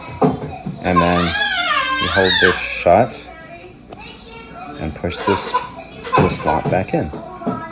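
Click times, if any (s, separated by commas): none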